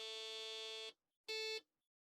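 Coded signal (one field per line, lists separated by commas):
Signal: beep code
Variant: Apple II dead test ROM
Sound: one long buzzy beep then one short buzzy beep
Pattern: 1 long, 1 short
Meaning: Zero page or stack RAM error, data bit zero bad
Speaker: It's telling us we got bad RAM. So, these are first signs of life out of this thing we've ever had. Okay, so as for the beep code, we had like a long beep and then a short beep.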